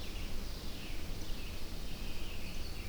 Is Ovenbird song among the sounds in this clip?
no